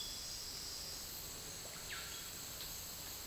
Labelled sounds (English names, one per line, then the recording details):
none
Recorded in secondary vegetation near Puerto Asís, Putumayo, Colombia, on 18 February 2024 at 09:30
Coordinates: 0.481, -76.323
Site G6376